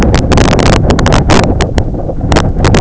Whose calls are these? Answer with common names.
none